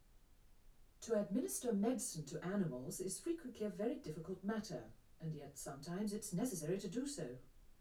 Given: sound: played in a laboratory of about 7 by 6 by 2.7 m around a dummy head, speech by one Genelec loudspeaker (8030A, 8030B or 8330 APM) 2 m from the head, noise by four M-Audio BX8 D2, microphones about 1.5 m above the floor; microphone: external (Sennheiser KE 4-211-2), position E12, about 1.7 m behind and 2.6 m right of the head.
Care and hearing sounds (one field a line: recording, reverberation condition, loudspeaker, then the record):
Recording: female speech in English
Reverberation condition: low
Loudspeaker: 30 degrees to the right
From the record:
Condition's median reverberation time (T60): about 310 ms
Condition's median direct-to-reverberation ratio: about 3.5 dB